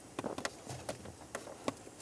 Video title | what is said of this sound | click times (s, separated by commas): How to Replace Shift Interlock Solenoid 2001-2005 Ford Explorer Sport Trac | we go i heard a little click now i'm going to grab onto it i'm going to try as hard as i can to pull it out of there | 0.4 s